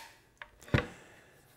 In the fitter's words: this locks the blade in the down position and also stops it from rotating